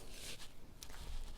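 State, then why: Seated. A chest clip on a child car seat harness is closed and then locked by moving it straight up and down, with soft rustling before a sharp plastic click at 0.8 s. The clip locks shut and can no longer be opened without a key.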